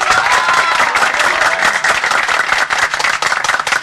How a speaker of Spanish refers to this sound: ¡Aplauso para él!